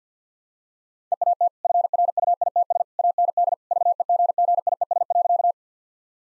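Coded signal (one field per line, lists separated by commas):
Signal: Morse code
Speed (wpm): 50 wpm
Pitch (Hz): 700 Hz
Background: none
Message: EAT FRUITS AND VEGGIES.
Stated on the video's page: Morse practice of easy sentences with contextual hints at 50 wpm.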